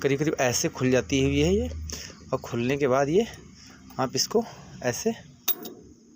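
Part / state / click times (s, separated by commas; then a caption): safety locking pin in a trolley coupling hitch / seated / 5.5 s. A safety locking pin on a tractor trolley's metal coupling hitch is opened and then pushed closed while someone talks, with faint metallic handling clinks. A short, sharp metallic click at 5.5 s marks the pin locking into place, after which it stays shut.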